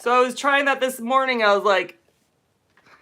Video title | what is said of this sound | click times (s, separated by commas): New Bead Inventory, Latest Project, @Resiners_Official Products, and LIFE: Thursday Hangout | That did not click. That did not That one did not click. | none